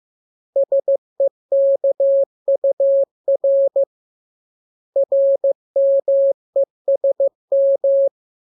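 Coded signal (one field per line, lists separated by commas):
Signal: Morse code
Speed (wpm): 15 wpm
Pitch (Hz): 550 Hz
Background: none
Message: SEKUR RMESM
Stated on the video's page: Morse lesson drill of letters K, M, U, R, E, S, opened with VVV and section sign, closed with AR.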